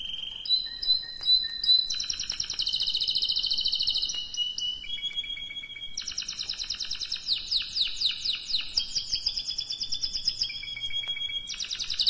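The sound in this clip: Canary singing varied fast trills and rolling tours, with quick repeated chips, sweeping notes and brief pauses between phrases.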